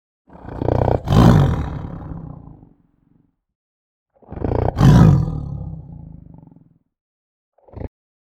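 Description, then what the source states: Tiger giving two long, deep, harsh growls about four seconds apart, each swelling quickly and then fading, followed by a brief final grunt. Growl described as tense and hard.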